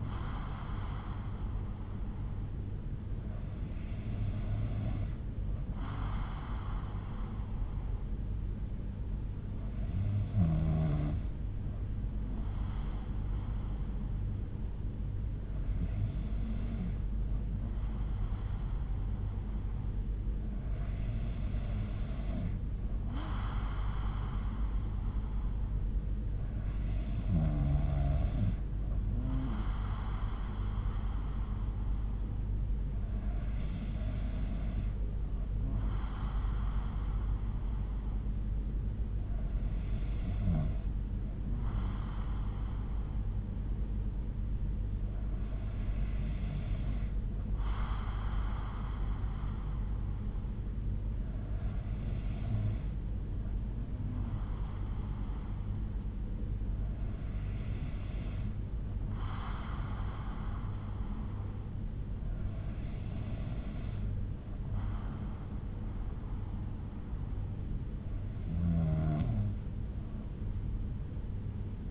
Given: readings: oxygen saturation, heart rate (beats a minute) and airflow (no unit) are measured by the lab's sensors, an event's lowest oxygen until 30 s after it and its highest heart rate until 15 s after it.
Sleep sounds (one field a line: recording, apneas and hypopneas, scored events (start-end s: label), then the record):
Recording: breathing in sleep by a smartphone at the bedside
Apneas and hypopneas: none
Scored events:
54.00-71.91 s: new sleep stage, N2 (light sleep)
From the record:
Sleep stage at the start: N3 (deep sleep)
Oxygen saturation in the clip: 92 to 93%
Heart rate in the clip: 59 to 62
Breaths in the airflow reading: 12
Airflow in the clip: -5.3 to 3.3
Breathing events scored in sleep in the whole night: 368 in 8.0 hours asleep